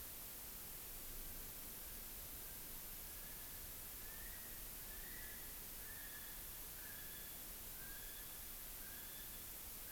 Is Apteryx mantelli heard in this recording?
yes